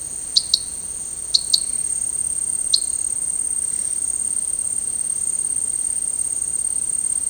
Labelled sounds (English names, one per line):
none